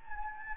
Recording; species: mosquito wingbeat signal from an infrared sensor; Anopheles gambiae